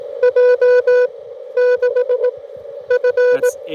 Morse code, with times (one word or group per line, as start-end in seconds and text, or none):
0.2-1.1 J
1.6-2.3 6
2.9-3.5 F